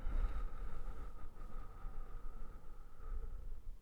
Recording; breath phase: one breath near a microphone; exhalation